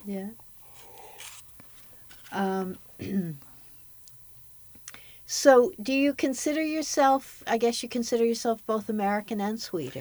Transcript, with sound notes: Yeah. Um (clears throat) so do you consider yourself - I guess you consider yourself both American and Swedish.